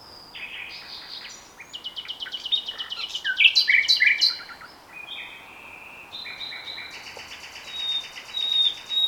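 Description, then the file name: Common nightingale singing rich varied phrases of rattles, chirps and whistles, with a long trilled run of rapid notes near the end. "Luscinia megarhynchos"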